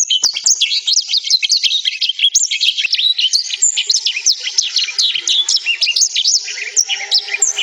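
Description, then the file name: Black-throated canary song, a continuous rapid warble of high twittering notes and trills, sweeping up and down without pause throughout. "suara burung blackthroat"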